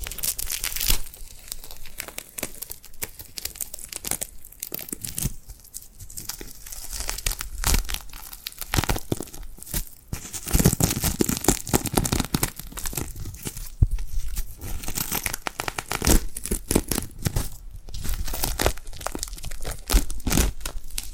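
Hands sticky with glue pull apart and press together in quick, irregular bursts of crackling, tearing sounds. The peeling and crinkling is dense and bright throughout, with louder, fuller stretches around ten to twelve seconds and again near seventeen seconds.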